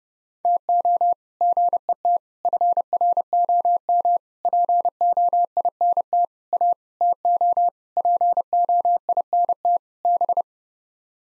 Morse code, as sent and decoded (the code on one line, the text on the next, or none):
- --- / --. . - / ..-. .-. --- -- / .--. --- .. -. - / .- / - --- / .--. --- .. -. - / -...
TO GET FROM POINT A TO POINT B